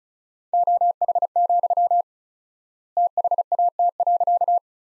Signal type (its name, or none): Morse code